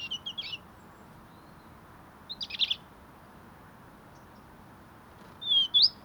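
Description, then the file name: European robin: small songbird giving three short bursts of high, scratchy notes, the last ending in a clearer whistled slide, spaced by quiet gaps; soft background hiss. "Erithacus rubecula"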